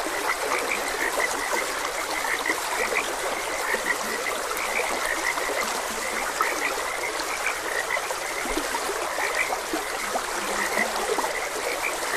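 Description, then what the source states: Frogs calling together, brief bright croaks repeating constantly over the hiss of running water. Frogs croaking beside a gentle stream.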